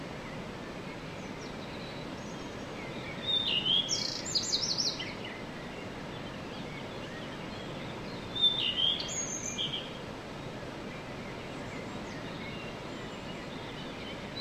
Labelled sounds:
Common Redstart (Phoenicurus phoenicurus)
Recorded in the wild
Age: adult
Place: Untertweng, AT
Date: 1968-04-14
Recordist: Brunner, Thomas
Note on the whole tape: Aufnahme: Untertweng, Kärnten

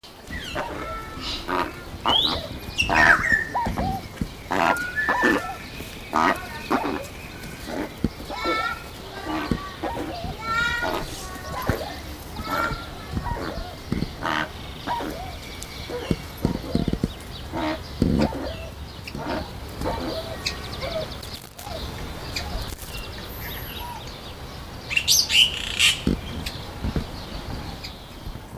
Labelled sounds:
Spix's Guan (Penelope jacquacu) call, Scarlet-headed Blackbird (Amblyramphus holosericeus)
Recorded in captivity
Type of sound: call
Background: Amblyramphus holosericeus
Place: Zoo Berlin, Berlin, DE
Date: 2000-04-04 13:02
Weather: wolkig, ca. 13°C
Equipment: Nagra SN, Kopie Uher 4000 Report Monitor
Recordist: Tembrock, Günter
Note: Männchen: Lautfolgen, daneben: 17:57 - 21:39 min)

